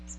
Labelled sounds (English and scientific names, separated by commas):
Magnolia Warbler (Setophaga magnolia) flight call